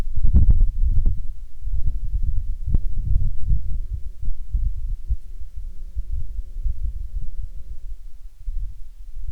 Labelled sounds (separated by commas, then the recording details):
wind, insects
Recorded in Ivvavik National Park, Yukon, on 17 June 2019 at 23:09
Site SINP09